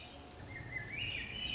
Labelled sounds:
Swainson's Thrush

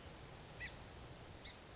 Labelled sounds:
Song Sparrow

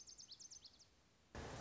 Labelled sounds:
Lazuli Bunting

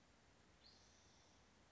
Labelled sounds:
Spotted Towhee

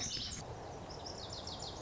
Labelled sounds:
Lazuli Bunting

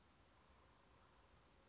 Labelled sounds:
Western Flycatcher

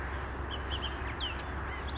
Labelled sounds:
Bullock's Oriole

